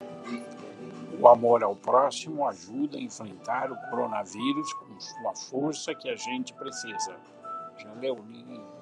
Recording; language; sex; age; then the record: spoken sentence; Brazilian Portuguese; male; 70 to 79 years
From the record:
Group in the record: control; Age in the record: 71 years